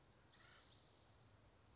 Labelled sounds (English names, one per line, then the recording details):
Acorn Woodpecker
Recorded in Sonoma County, California